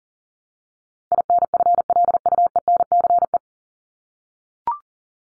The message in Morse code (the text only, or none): INFLUENCE